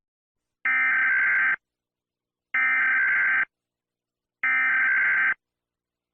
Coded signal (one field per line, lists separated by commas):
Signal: Emergency Alert System (SAME) tones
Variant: header bursts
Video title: USA EAS Alarm